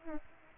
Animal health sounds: mosquito wingbeat signal from an infrared sensor; Aedes albopictus

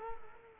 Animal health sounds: mosquito wingbeat signal from an infrared sensor; Culex quinquefasciatus

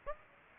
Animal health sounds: mosquito wingbeat signal from an infrared sensor; Aedes aegypti

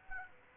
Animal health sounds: mosquito wingbeat signal from an infrared sensor; Aedes aegypti

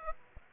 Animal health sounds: mosquito wingbeat signal from an infrared sensor; Aedes aegypti

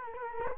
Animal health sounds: mosquito wingbeat signal from an infrared sensor; Culex quinquefasciatus

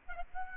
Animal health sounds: mosquito wingbeat signal from an infrared sensor; Aedes albopictus

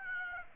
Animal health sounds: mosquito wingbeat signal from an infrared sensor; Aedes aegypti

